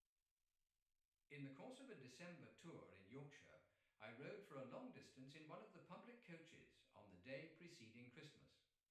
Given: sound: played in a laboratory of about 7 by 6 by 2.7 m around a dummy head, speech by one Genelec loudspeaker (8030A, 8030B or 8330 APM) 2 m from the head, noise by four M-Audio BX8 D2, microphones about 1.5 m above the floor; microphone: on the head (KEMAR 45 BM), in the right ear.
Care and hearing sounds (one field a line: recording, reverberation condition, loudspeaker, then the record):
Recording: male speech in English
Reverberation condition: medium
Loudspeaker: behind (180 degrees)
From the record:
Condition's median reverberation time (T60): about 510 ms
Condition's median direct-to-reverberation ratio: about -0.5 dB